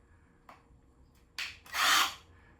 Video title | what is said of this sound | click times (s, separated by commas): How to use a Drill | that has then locked in the little bit in the in the drill. | 1.4 s